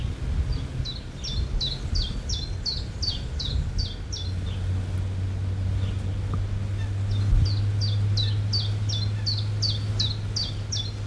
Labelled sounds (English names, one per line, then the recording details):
Common Chiffchaff song
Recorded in the wild
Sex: male
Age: adult
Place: Feldberg, Mecklenburgische Seenplatte, Mecklenburg, DE
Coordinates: 53.3372, 13.445
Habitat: alder
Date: 1976-06-30 16:32
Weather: sunny, 28°C
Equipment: Uher CR 210, Sennheiser MD 421 HL, Verstärker, Reflektor, Kopie Uher 4200
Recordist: Tembrock, Günter
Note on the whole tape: Am Haussee, Drostenhaus, auf Erlen. Gesang